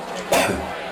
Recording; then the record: coughing mixed with background sound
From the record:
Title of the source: Residual Phlegmy Morning Coughing and Gagging